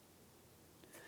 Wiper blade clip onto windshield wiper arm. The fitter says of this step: all right I'm going to push up until it clicks in place